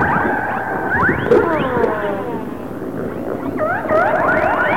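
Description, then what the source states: Orca calls, many overlapping harmonic squeals and quick upward and downward sweeps, a busy chorus over constant underwater hiss. Resident orcas of the A clan.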